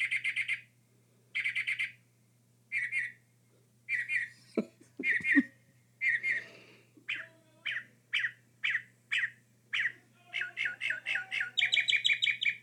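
Northern mockingbird song: a varied series of phrases, harsh repeated notes, then quick rising whistles and rapid trilled bursts, with a steady low hum throughout.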